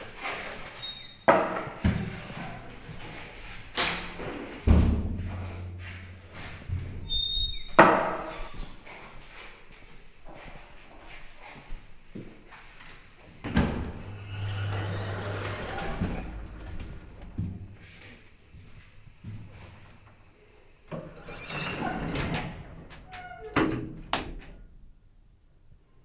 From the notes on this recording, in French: Couloirs et ascenseurs d'un périple parisien